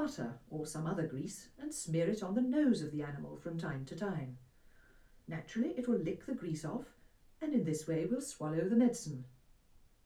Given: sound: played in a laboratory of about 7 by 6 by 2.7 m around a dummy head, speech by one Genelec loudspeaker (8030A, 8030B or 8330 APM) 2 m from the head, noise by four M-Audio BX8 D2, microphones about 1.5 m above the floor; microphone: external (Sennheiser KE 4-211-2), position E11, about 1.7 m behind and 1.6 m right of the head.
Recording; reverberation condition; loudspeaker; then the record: female speech in English; low; 90 degrees to the left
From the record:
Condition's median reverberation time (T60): about 310 ms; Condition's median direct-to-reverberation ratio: about 3.5 dB